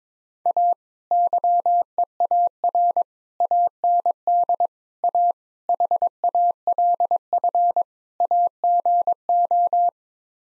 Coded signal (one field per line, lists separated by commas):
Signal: Morse code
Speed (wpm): 22 wpm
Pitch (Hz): 700 Hz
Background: none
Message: A YEAR AND A HALF AGO